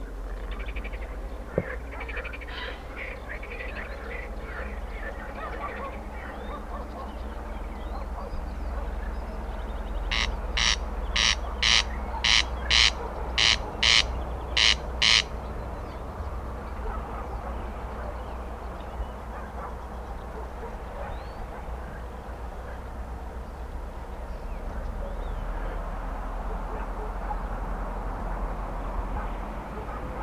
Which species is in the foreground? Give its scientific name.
Crex crex